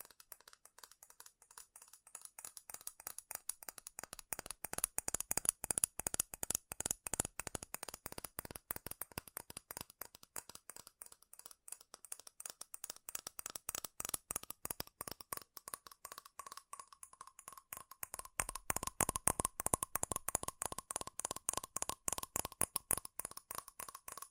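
Fast, furious tapping on metal, a dense run of sharp clicks that barely pauses for the whole stretch. The taps are bright and crisp with a faint ringing tone underneath, growing louder and heavier after about eighteen seconds.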